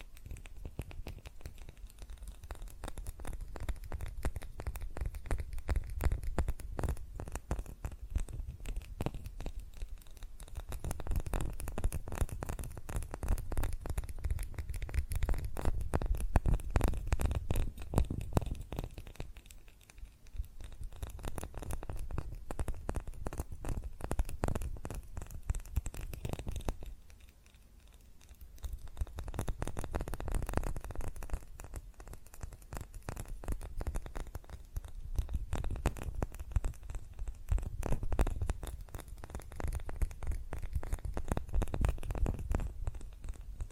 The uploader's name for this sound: Fast Tapping on GlassCeramic Objects